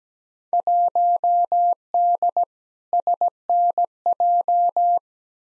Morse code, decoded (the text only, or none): 1D SNJ